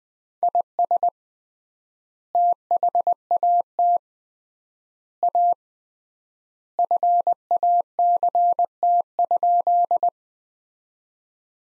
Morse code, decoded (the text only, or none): IS THAT A FACT?